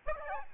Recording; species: mosquito wingbeat signal from an infrared sensor; Aedes albopictus